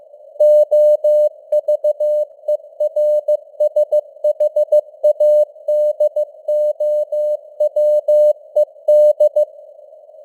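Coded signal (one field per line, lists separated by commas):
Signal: Morse code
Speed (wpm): 15 wpm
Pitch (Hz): 600 Hz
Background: none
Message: OVERSHADOWED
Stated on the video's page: News headlines in Morse at 15 wpm with simulated radio noise and varying signal strength (QSB).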